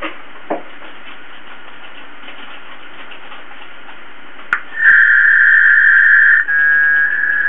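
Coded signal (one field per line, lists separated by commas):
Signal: packet radio (AX.25, as in APRS)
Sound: hiss, then about three seconds of dense warbling data tones, then steadier multi-tone buzz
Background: radio static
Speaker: i'm going to send just random characters and non-words eight or ten words per line and just see how much throughput we can get over a good connection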